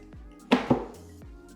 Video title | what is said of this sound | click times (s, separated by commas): How to Install a Tongue and Groove Ceiling - DIY Step-by-Step | just take our little spring load clips here and it's going to snap into place. | 0.5 s